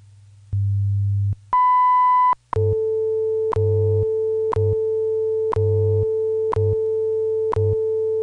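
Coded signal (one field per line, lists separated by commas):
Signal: radio time signal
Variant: WWV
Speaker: tone 19 hours two minutes coordinated Universal Time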